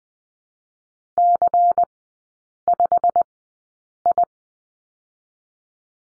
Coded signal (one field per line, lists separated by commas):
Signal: Morse code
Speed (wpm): 19 wpm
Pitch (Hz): 700 Hz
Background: none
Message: C5I